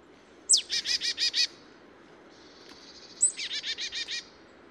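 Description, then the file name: Marsh tit call, a sharp high downslurred note followed by five fast buzzy notes, then the same sharp note followed by six buzzy notes, over a low steady background hiss. "Poecile palustris"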